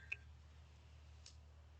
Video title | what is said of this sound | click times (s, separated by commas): Cold Steel SR 1 Lite for 35 dollars on Amazon. | you hear the click | 0.1 s